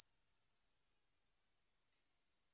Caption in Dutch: De muziek staat net iets te hard en jij staat pal voor de box. Volgende dagen, weken en soms zelfs jaren blijf je precies hetzelfde geluid horen. De realiteit voor mensen die met tinnitus moeten leven. Zij horen geluiden die er niet echt zijn.